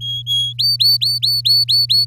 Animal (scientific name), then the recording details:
Serinus canaria. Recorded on 8 May 2018 at 05:40. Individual llb16